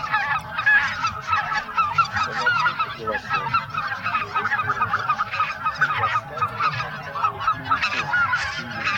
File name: Белолобый базар